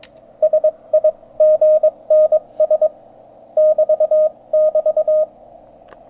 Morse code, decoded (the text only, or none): SIGNS <BT><BT>